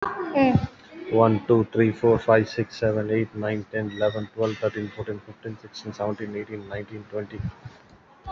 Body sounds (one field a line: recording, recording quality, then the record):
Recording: counting at a fast pace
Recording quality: excellent, no background noise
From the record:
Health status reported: COVID-19 positive, moderate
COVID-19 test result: positive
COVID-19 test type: RT-PCR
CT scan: not taken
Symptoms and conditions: cough, cold, breathing difficulty, sore throat, fever, fatigue, muscle pain, loss of smell and taste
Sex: male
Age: 32 years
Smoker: no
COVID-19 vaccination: none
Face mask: worn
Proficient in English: yes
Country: India